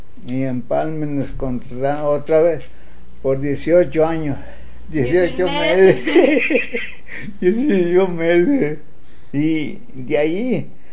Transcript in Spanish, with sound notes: Y Empalme nos contrataba otra vez, por dieciocho años, dieciocho meses.
Meses. (risas)
Dieciocho meses. Y de allí,